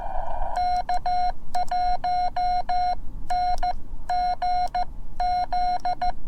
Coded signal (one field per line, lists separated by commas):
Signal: Morse code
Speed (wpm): 14 wpm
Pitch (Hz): 720 Hz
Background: none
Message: K1NGZ